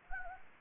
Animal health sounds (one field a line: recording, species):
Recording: mosquito wingbeat signal from an infrared sensor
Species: Anopheles gambiae